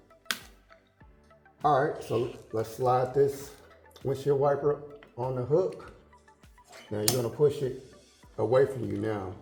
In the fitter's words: right, so now we can pop this piece out in the front.